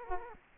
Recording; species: mosquito wingbeat signal from an infrared sensor; Culex quinquefasciatus